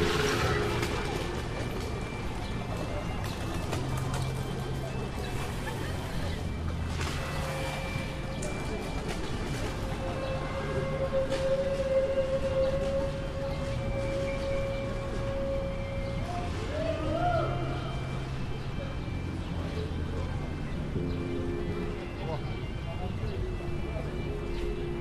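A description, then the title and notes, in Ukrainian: Evening outside the main building of Kyiv-Mohyla Academy: music plays while many passers-by talk. A low bass line steps between notes beneath constant chatter, and a long held tone sounds from about 8 to 16 seconds. The overall level stays even throughout. Вечір біля головного корпусу НаУКМА. Запис зроблений біля пам'ятника Григорію Сковороді. Грає музика, багато перехожих. Вечір.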